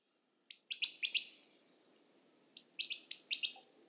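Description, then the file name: Great tit call, a sharp high downslurred note followed by several buzzy chattering notes, heard twice about two seconds apart. "Parus major"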